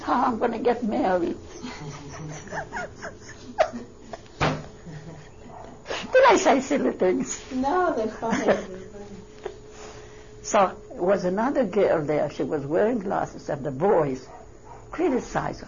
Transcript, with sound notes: How I'm going to get married?" Don't I say silly things? ( she laughs )
No, they're fine. They're funny.
So there was another girl there, she was wearing glasses, and the boys criticized her.